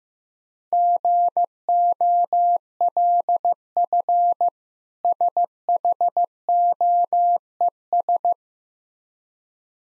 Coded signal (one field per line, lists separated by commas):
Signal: Morse code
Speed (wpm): 15 wpm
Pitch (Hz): 700 Hz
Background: none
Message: GOLF SHOES